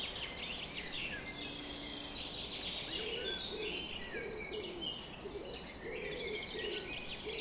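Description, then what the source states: Bird: dawn chorus of many birds singing at once, dense high twittering and trills, with soft repeated cooing notes in the second half. Summer morning bird chorus recorded at 4:40 am.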